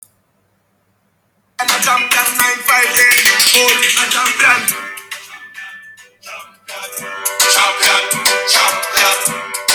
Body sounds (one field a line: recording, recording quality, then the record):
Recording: sustained vowel as in beet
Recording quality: poor, much background noise or distortion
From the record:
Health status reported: COVID-19 positive, no symptoms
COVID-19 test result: positive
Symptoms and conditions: breathing difficulty, diarrhoea, asthma, chronic lung disease, diabetes, ischaemic heart disease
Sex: other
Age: 77 years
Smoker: not ticked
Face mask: not worn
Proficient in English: yes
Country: France